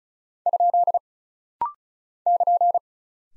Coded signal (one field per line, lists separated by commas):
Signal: Morse code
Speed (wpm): 36 wpm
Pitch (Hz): 700 Hz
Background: none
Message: ? <KN>